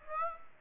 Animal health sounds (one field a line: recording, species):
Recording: mosquito wingbeat signal from an infrared sensor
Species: Aedes aegypti